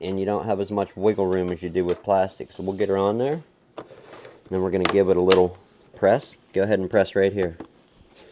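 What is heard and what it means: Someone talks while lining up the metal bottom cover of a laptop to refit it onto the chassis after a battery swap, with a single short knock at about 3.8 s. The cover's clips have not snapped in yet, and nothing has seated or clicked.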